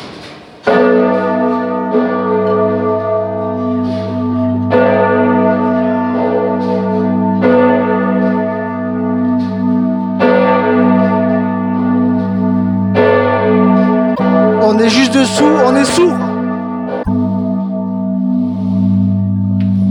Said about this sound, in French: Qu'est-ce que c'est? Qu'est-ce que c'est que ça? Tu crois que ça va être les cloches qui vont sonner? Je sais pas.